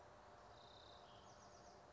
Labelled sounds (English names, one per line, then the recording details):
Bewick's Wren
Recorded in Sonoma County, California